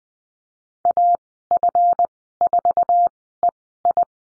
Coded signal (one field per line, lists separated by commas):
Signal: Morse code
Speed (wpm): 20 wpm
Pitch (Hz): 700 Hz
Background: none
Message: AF4EI